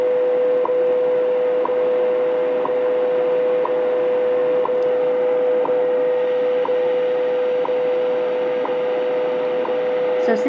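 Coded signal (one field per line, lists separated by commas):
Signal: radio time signal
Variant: WWV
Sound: steady mid-pitch hum with about 10 short clicks, one each second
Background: radio static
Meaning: Ticks mark each second over the 500 Hz standard tone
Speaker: so at the children 20 hours 52 minutes coordinated universal time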